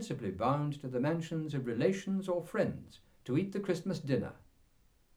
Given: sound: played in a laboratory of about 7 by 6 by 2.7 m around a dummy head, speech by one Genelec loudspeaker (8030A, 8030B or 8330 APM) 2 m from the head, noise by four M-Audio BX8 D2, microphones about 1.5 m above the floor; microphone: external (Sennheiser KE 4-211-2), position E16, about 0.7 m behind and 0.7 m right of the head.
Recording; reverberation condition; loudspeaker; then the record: male speech in English; low; 90 degrees to the right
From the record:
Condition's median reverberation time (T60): about 310 ms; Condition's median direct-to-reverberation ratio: about 3.5 dB